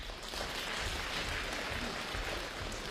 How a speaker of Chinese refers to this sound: 谢谢您。 谢谢。 谢谢您的掌声。